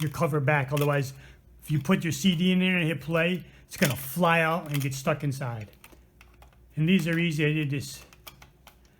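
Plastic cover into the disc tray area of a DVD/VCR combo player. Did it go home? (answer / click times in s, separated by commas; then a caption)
yes / 8.3 s. A plastic cover is refitted over the CD tray mechanism of a cleaned DVD/VCR combo recorder during reassembly, with someone talking through most of the clip. A sharp click at 8.3 s marks the cover snapping into place, so it is seated.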